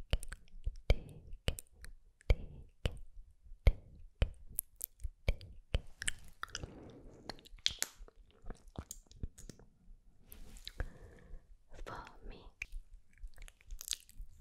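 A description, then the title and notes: Quick wet mouth sounds, clicks and smacks in irregular bursts, with soft hissy whispered syllables like sksk and tktk between them. MOUTH SOUNDS, LIPGLOSS APPLICATION (sksk, tktk, ticotico, zaczac) ASMR.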